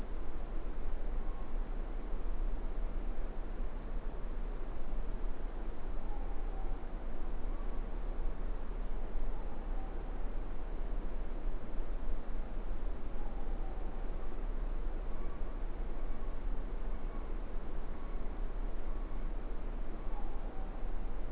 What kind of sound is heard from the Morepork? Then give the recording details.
more-pork call. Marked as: faintness 4/5. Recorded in New Zealand. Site Eglinton